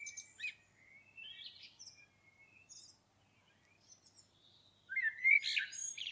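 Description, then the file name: Common blackbird song: soft high twittering fades, then a loud, rich fluted phrase with a squeaky finish starts near the end. "Turdus merula"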